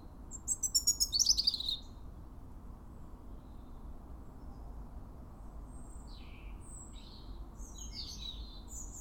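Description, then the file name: European robin song, a brief high tinkling phrase of rapid thin notes descending from very high pitch, then quiet with faint high twitters later. "Erithacus rubecula"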